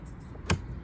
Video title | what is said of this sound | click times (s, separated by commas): ACCESSORIES ToughBuilt StackTech Accessories | right there it locks in place | 0.5 s